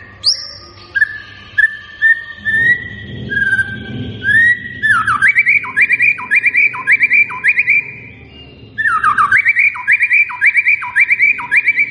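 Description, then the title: White-rumped shama song: long whistled notes, then rapid repeated sharp down-slurred phrases about twice a second, loud and clear. Lure recording of a lively singing white-rumped shama, meant to make birds respond. "PANCINGAN MEWAH MURAI BATU GACOR, SEKALI DENGAR AMPUH LANGSUNG RESPON"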